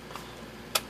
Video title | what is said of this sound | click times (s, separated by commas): HP8460 Hard drive removal | and then you're going to slide it up you'll hear a click just like that | 0.8 s